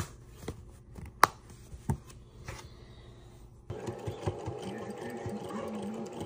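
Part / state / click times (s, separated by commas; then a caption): snap button fastener pressed into thin fabric with an installing tool / seated / 1.2 s. A metal snap button is pressed into thin fabric for a baby onesie with a hand snap-installing tool, and it clicks closed sharply at 1.2 s, giving a satisfying snap as it seats. A few softer taps come before and after, and from about 3.7 s a steady low hum and clatter continue to the end.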